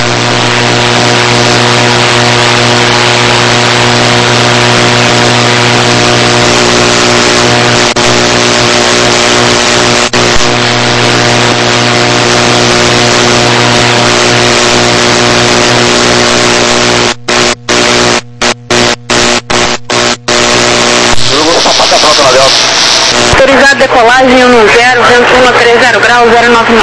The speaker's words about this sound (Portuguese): Tá pronto? Tá fechando os motores.